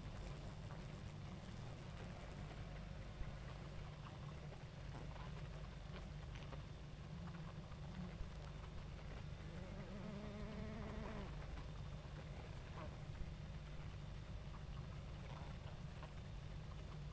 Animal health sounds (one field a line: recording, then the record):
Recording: honeybee colony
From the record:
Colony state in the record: active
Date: 28 July 2017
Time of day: 20:23